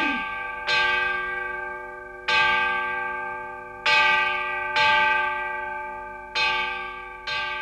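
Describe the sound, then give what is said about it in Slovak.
A large bell rings out in alarm, struck six times at uneven intervals, each loud clang leaving a long, shimmering hum that overlaps the next strike. No voices. “Zvon ustavične bil na poplach a jeho hlas sa niesol na všetky strany a bolo ho čuť na severe i na juhu, na západe i na východe.”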